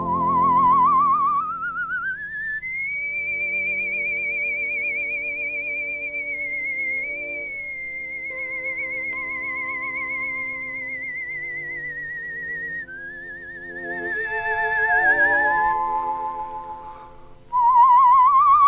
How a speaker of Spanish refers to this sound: Eso que escuchan es el silbido